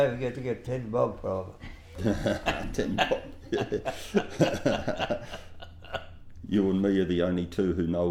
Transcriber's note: laughs